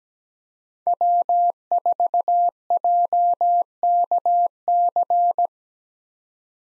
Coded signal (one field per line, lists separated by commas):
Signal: Morse code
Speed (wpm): 17 wpm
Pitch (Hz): 700 Hz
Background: none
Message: W4JKC